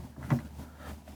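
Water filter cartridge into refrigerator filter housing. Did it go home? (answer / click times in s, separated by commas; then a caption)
yes / 0.3 s. A refrigerator water filter cartridge is turned in its filter housing until the indicator reaches the locked position. A moderate click is heard at 0.3 s over a low, steady hum. The filter twist-locks and seats in place.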